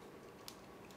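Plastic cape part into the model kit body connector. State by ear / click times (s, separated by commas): seated / 0.5 s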